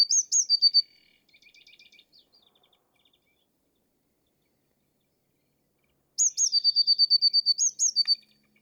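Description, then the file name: Eurasian blue tit song: high thin double notes sliding into a rapid, even trill, a softer buzzy chatter after, then a quiet pause before the phrase returns twice. "Cyanistes caeruleus"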